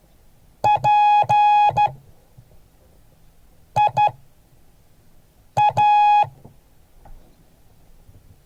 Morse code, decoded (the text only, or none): PIA